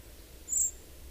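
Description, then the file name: Common blackbird uttering one sharp, very high, thin whistle of steady pitch, brief and clean against a quiet hissing background. "Turdus merula"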